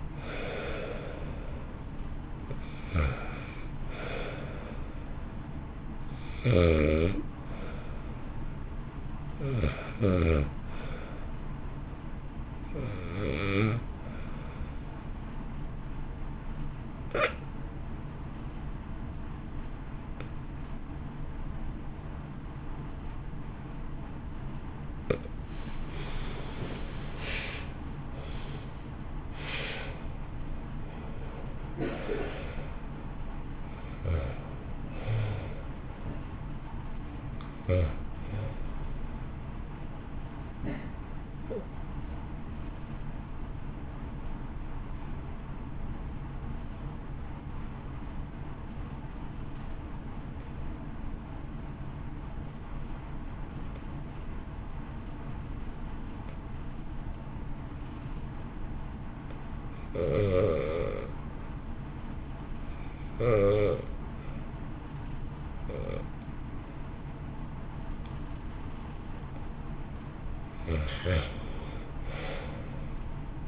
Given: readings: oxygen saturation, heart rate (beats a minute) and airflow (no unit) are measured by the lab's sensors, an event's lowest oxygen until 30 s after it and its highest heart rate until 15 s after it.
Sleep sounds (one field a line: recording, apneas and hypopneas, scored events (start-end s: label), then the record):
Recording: breathing in sleep by a smartphone at the bedside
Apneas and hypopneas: 2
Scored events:
14.00-26.90 s: hypopnea (REM, oxygen 95% highest, then 79% lowest, heart rate 54 at the start, 76 highest)
44.00-60.70 s: obstructive apnea (REM, oxygen 93% highest, then 68% lowest, heart rate 54 at the start, 64 highest)
From the record:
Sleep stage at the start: REM sleep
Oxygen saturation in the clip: 79 to 95%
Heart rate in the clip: 52 to 76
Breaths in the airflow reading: 22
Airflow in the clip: -2.1 to 1.2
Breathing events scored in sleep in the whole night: 328 in 6.3 hours asleep